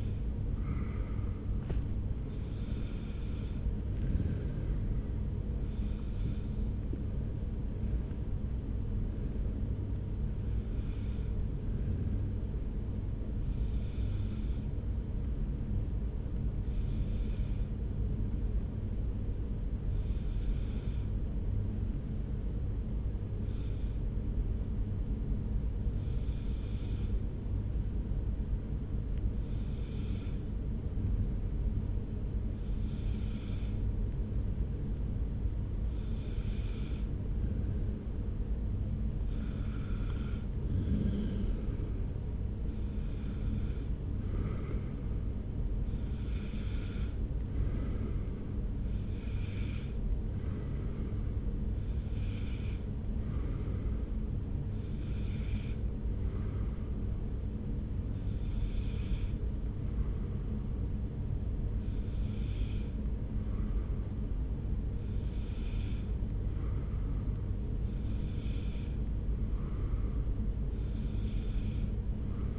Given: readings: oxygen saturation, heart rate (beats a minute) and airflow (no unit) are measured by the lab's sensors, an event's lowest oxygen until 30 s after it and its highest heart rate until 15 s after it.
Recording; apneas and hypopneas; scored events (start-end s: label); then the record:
breathing in sleep by a smartphone at the bedside; none
none scored
From the record:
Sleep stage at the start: N2 (light sleep); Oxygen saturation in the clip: 93 to 95%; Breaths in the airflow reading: 22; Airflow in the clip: -1.3 to 3.2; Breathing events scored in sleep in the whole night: 335 in 6.7 hours asleep